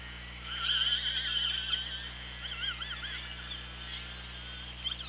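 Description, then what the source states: Killer whale calls, wavering harmonic squeals that bend up and down through several seconds, over a constant low mechanical hum. OrcaLab hydrophone, 24 August 2017, 17:04.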